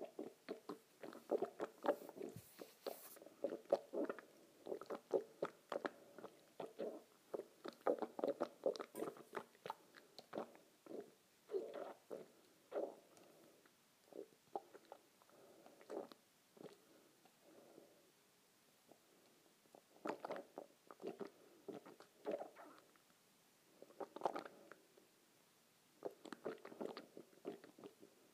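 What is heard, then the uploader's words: Water swishes around in a mouth in quick, wet bursts of gurgling and sloshing, with short pauses between rounds. The sound is mostly mid-pitched with crisp, bright splashy clicks, busiest in the first half, quieter around 18–20 seconds, then returning in clusters. ASMR Swishing Water in my Mouth.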